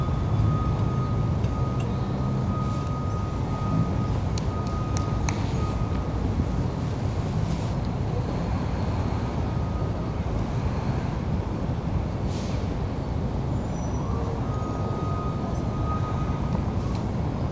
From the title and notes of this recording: Each segment is layered on the other to "compress" the recording into a total of 5 minutes. A total of 12 tracks were produced and layered. Minimal mixing and no effects. Recording of sounds at the Cannon plaza at Pratt Institute on February 24, 2017 between 3:30 and 4:40pm.